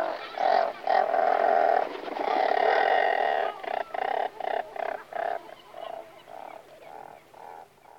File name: alka-malá